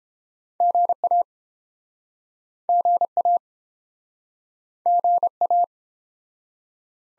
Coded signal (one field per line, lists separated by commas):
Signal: Morse code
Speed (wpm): 31 wpm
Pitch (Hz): 700 Hz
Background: none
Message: GA GA GA